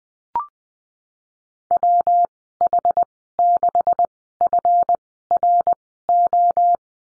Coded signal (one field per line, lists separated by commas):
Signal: Morse code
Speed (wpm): 20 wpm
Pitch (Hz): 700 Hz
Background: none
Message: WH6FRO